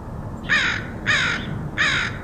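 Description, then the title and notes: Crow giving three harsh, raspy caws, each about a third of a second long, with a low background hum. Crows recorded in Portland, Oregon, August 2003. "Crows of Portland. Crows recorded by Dan Bodah in Portland, OR, August 2003"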